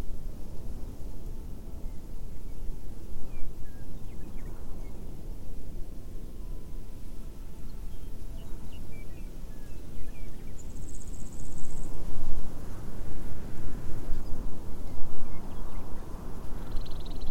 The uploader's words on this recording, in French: Une nuit à la belle étoile.